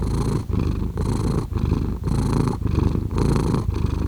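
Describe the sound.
Domestic cat purring: a deep, steady rumble broken by brief, regular dips.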